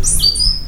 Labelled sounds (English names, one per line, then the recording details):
Stitchbird song
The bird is a male
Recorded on Tiritiri Matangi Island, New Zealand, in 2005
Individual 20, of nest box 28